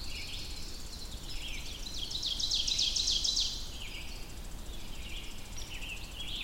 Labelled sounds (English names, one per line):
Ovenbird song